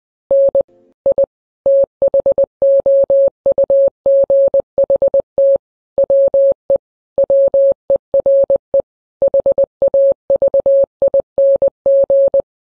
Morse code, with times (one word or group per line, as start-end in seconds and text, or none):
0.3-0.6 N
1.1-1.2 I
1.7-5.6 THOUGHT
6.0-6.8 WE
7.2-8.8 WERE
9.2-12.4 HAVING